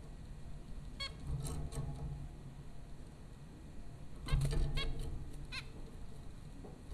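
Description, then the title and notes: Zebra finches giving a few nasal harmonic beeps in two short bouts, with a steady low hum underneath. Zebra finches at Popcorn School, Flatbush, Brooklyn, New York, April 15, 2009. "Dronecast: The Popcorn Finches Four from Apr 15, 2009. Zebra finches recorded by Dan Bodah at Popcorn School, Flatbush, Brooklyn NY in April 2009"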